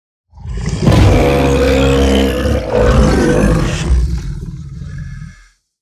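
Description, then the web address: Bear scream: one sustained, harsh roar, loud and throaty, swelling twice before dying away. "medium great bear scream"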